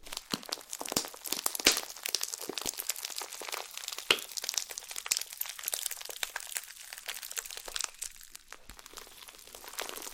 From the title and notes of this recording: ASMR SLIME SATISFYING - NO TALKING.